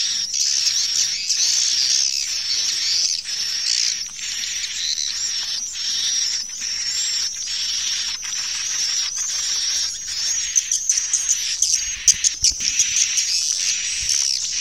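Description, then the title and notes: Swiftlets give a continuous shrill chattering chorus in repeated bursts, with a few low knocks near the end. Swiftlet calls used in swiftlet bird farming in Asia. "Swiflet Bird Sound. Farming Swiflet Bird asia sound"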